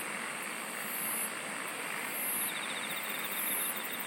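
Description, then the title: Insect chorus with short, very high buzzy bursts roughly every 1.2 seconds and a faint pulsed trill joining later, all over constant hiss. "SINGING OF INSECTS"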